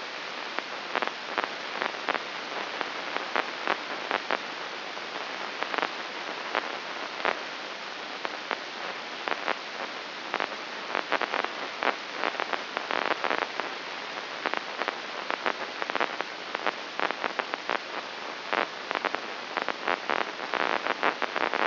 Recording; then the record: brain microelectrode recording played as sound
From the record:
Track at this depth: inside the subthalamic nucleus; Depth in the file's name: 4.602 mm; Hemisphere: right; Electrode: 2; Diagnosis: Parkinson's disease